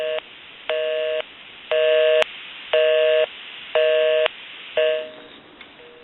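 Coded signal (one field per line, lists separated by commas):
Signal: telephone call progress tone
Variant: North America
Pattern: busy tone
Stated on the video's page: Tone heard on a Monarch wood wall crank telephone during initial checkout and repair conversion.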